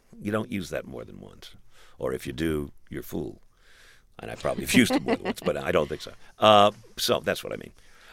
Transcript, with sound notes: You don't use that more than once or if you do you're a fool. And I've probably have used them more than once.
(LAUGHTER)
But I don't think so. So that's what I mean.